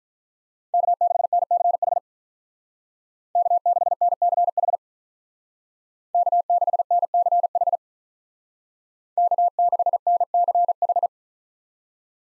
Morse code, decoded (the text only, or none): K6NCH K6NCH K6NCH K6NCH